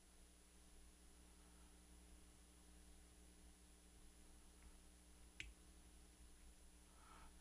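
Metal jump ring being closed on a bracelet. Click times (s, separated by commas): 5.4 s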